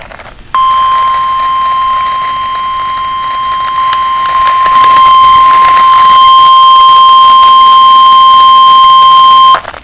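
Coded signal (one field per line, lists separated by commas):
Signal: Emergency Alert System (SAME) tones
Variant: 1050 Hz attention tone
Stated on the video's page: Severe Thunderstorm Warning from the State College weather office.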